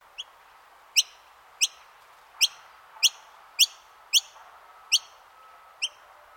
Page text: Bird Noisy Miner Call. Birds in Queensland